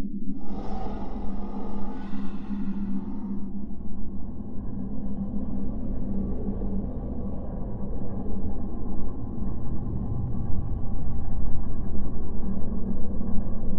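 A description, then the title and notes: An exoplanet ambience: a dense, steady low drone with a rumbling hum that holds throughout. In the first three and a half seconds a brighter, airy hiss with a faint ringing tone sits on top, then drops away, leaving the deep rumble alone. Alien planet | Exoplanet Ambience.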